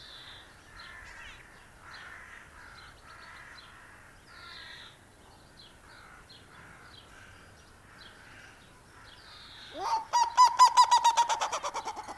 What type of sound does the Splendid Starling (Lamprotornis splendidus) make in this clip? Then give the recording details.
song. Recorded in captivity. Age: adult. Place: Zoo Berlin, Berlin, DE. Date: 1997-03-04 12:15. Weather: heiter, 10 bis 15°C. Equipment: Nagra SN, Kopie Uher 4000 Report Monitor. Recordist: Tembrock, Günter